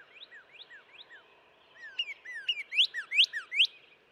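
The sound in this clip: Northern cardinal song: soft downslurred whistles, then a louder run of rising-and-falling slurred notes, about two and a half per second.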